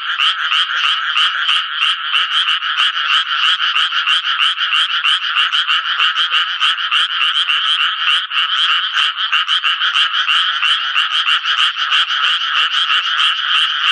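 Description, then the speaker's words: Japanese tree frog calls, a dense continuous series of rasping croaks repeated about three times a second. Frogs begin calling when rain seems about to fall or when it turns cool in the evening; heard from June onward. "雨が降り出しそうなときや夕方になって涼しくなりますと、カエルは鳴き始めるわけですね。"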